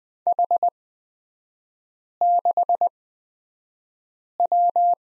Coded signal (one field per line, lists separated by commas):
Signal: Morse code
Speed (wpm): 20 wpm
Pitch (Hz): 700 Hz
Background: none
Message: H6W